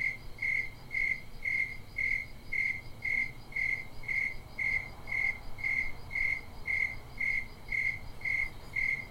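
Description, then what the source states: Cricket chirps in an even, unbroken series, roughly two per second, each a brief bright pulse over soft low rumble. Crickets recorded at Bisbee.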